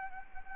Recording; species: mosquito wingbeat signal from an infrared sensor; Anopheles gambiae